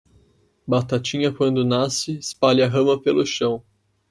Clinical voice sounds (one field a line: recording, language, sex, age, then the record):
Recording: short text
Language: Brazilian Portuguese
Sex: male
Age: 20 to 29 years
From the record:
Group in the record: control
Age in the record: 23 years